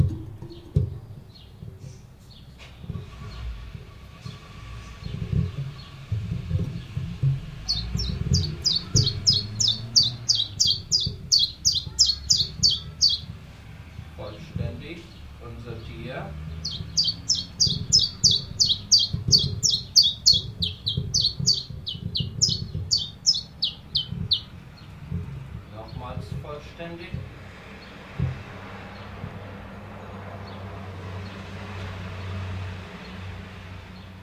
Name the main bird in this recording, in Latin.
Phylloscopus collybita